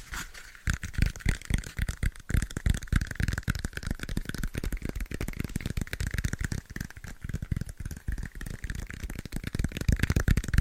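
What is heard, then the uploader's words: Fast tapping fills the whole clip, a dense, rapid patter of sharp taps with small rattling clicks that starts after about half a second. The hits come quickly and unevenly over a faint hiss, with a bright ringing tone sitting behind them. ASMR Fast Tapping with New Tingly Triggers (No Talking).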